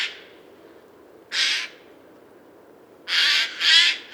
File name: Garrulus glandarius